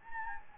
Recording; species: mosquito wingbeat signal from an infrared sensor; Anopheles gambiae